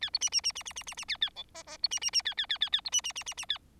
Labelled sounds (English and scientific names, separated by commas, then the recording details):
Bengalese Finch (Lonchura striata domestica) song
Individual Bird4